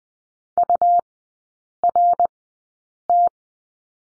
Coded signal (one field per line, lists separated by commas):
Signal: Morse code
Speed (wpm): 20 wpm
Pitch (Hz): 700 Hz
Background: none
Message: URT